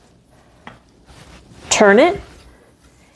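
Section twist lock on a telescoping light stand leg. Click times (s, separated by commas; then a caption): 0.7 s. A section twist lock on an extended telescoping light stand leg is turned to fix the height, giving a single sharp knock at 0.7 s. Someone then talks briefly, and the stand section is locked into place.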